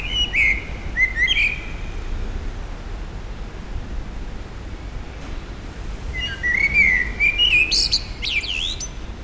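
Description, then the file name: Common blackbird song: a low fluted warble ending in a thin squeaky twitter, then a long pause before a second, longer phrase with a high scratchy flourish. Recorded at a petrol station, April 2021. "2021 APR-Amsel-Tankstelle"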